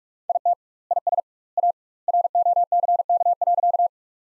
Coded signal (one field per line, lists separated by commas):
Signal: Morse code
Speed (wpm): 46 wpm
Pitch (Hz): 700 Hz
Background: none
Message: IT IS A ROCK.